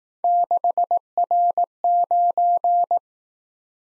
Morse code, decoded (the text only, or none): 6R9